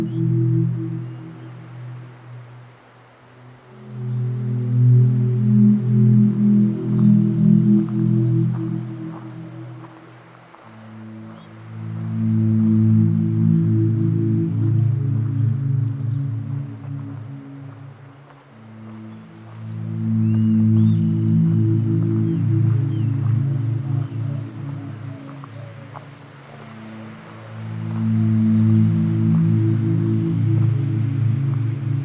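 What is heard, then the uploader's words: At Patagonia Lake State Park in southeast Arizona, a low, layered hum swells and fades in long waves roughly every eight to ten seconds, dipping quiet around 3, 10, 18 and 27 seconds. Faint light ticks sit above it. Patagonia Lake State Park in SE Arizona.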